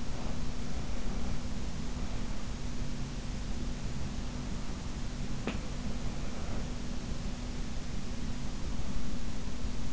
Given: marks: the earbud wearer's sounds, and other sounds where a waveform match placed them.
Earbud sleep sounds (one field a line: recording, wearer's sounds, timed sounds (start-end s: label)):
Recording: sounds in sleep by an in-ear microphone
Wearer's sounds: breath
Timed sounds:
0.00-0.65 s: breath
5.36-5.83 s: sound from someone else or the room